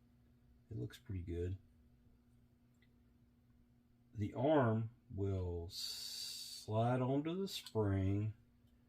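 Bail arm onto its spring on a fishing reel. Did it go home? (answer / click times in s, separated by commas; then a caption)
no / none. Someone talks while handling the metal bail arm of a vintage Daiwa 9000c Silver Series baitcasting fishing reel, getting ready to slide it onto its stout spring. Only speech and quiet pauses are heard, and nothing has seated or clicked yet.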